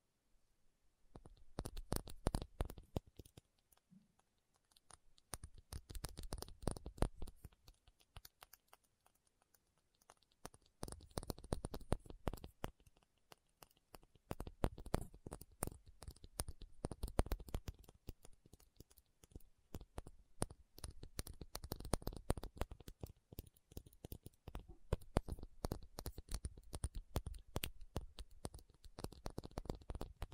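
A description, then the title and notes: A tapping session without talking: quick, dense taps in irregular bursts, sharp and clicky, something like fingertips on a keyboard or a hard surface. The tapping pauses briefly around 10 and 14 seconds, then carries on steadily to the end. Tapping Session (No Talking).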